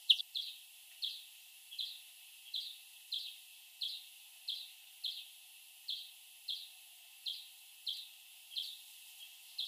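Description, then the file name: European greenfinch calls, a regular run of high chirps, with quiet background hiss. "Chloris chloris"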